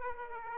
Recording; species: mosquito wingbeat signal from an infrared sensor; Aedes aegypti